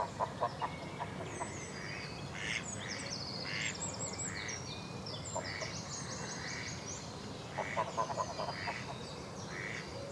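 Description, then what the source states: Duck quacking in short rapid bursts near the start and again toward the end, while many small birds chirp and twitter above a constant low hum. Ducks and other birds near water.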